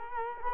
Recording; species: mosquito wingbeat signal from an infrared sensor; Culex quinquefasciatus